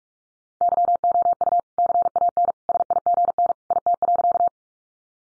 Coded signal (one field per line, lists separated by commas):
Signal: Morse code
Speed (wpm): 44 wpm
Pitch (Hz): 700 Hz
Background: none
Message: YOU CAN SIGN IT.